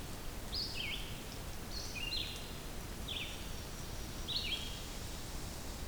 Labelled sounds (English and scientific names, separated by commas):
Red-eyed Vireo (Vireo olivaceus) song